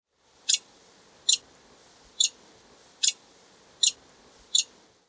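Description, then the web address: Lewis's woodpecker giving short, harsh, high scratchy calls, six in an evenly paced series about every 0.8 seconds, over a faint steady hiss. "Thumbs Plus Zoo Field Guide Repository"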